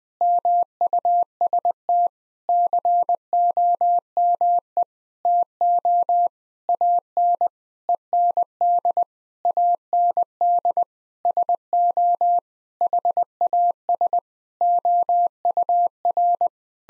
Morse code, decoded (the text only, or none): MUST COME TO AN END AND SO HAS OUR